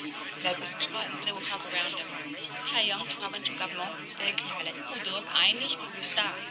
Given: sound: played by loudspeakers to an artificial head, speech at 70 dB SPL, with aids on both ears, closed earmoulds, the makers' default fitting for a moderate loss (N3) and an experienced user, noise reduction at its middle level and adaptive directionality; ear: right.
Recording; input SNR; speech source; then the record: speech test signal (ISTS) in cocktail-party noise; -6 dB; on the right (90 degrees)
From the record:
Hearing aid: class 1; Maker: G